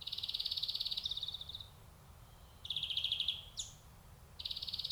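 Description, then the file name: European greenfinch giving long buzzy nasal wheezes, one over a second and a half, another shorter, then a third starting, with quiet pauses between. "Chloris chloris"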